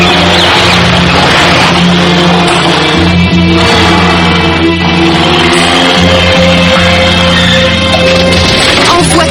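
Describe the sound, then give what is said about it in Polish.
A car engine drones steadily while driving on a road, a loud continuous low hum layered with rushing road noise and a slight rise in pitch partway through. “Samochodem jeździ się po szosach.”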